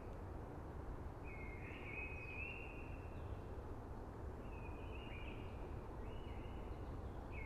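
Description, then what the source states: Eurasian blackbird song: fluty, warbling phrases, the first long and drawn out, then shorter ones, over a constant low rushing hiss. Singing early amongst hushing conifers.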